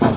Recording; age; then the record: pig call; growing-finishing pig (85 days or more)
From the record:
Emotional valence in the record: positive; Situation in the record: run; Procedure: transit